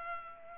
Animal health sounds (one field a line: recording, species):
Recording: mosquito wingbeat signal from an infrared sensor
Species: Culex pipiens